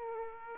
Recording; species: mosquito wingbeat signal from an infrared sensor; Aedes aegypti